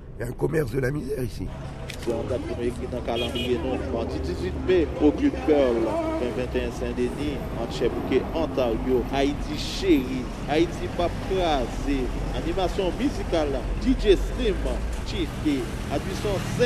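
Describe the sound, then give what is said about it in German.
A steady low engine and road rumble of a car moving slowly past the town sign of Pétionville, Haiti, with voices talking over it throughout and faint clatter from the street. “Langsam rollt das Auto am Ortsschild von Pétionville vorbei.”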